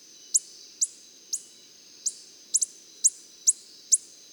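Coppery-headed Emerald giving sharp, very high chip notes, repeated irregularly about twice a second, one quick double note, over a faint steady high hiss.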